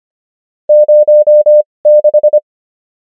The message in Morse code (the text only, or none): 06